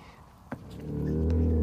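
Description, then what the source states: Dromedary giving a low, droning rumble that swells steadily in loudness over the final second, after one soft click. Several dromedaries resting at night in Zagora by the first Sahara dunes under stars, after working, one leg folded to stop escape, about to fall asleep; sand sounds and their breathing.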